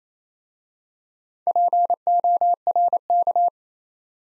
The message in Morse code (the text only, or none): PORK